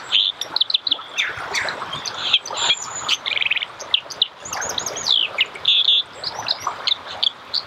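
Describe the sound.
Dipper uttering a busy stream of high, sharp chirps and short trills, notes tumbling irregularly with brief pauses between bursts.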